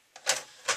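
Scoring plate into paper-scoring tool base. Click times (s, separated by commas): 0.3 s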